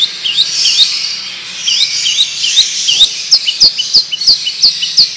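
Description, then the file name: Long-tailed shrike song: rising whistled chirps give way to a rapid run of sharp, high upslurred notes. Song style called 'ngerol panjang' (long roll); bird described as 'gacor', singing actively. "Burung Cendet Ngerol Panjang Gacor"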